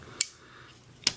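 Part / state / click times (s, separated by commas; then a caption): plastic arm piece into the toy robot's arm / seated / 1.1 s. A plastic arm piece of a transforming robot toy (Bruticus, Fall of Cybertron Platinum series) is slid forward into the toy's arm. A sharp click at 0.2 s is followed by a second snap at 1.1 s as the piece clips into place and seats.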